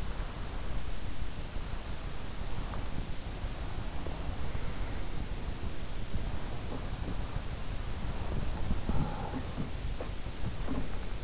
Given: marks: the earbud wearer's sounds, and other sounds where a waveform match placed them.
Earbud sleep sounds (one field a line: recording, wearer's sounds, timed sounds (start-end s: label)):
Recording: sounds in sleep by an in-ear microphone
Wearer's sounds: breath, body movement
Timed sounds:
0.00-1.59 s: breath
2.33-5.04 s: breath
6.10-11.24 s: body movement